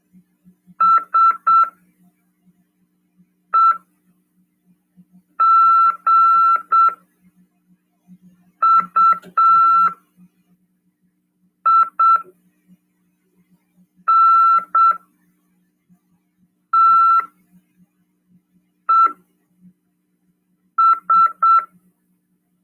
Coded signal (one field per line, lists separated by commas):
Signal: Morse code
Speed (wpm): 7 wpm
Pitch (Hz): 1340 Hz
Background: none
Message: SEGUINTES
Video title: RADIOAMADOR 1ºEd 29/12/2022 "AULA 52: CW, LEGIS e C.RODADA" PY2EXU PAULO FM 146.410 Mhz. CRASP/RAF.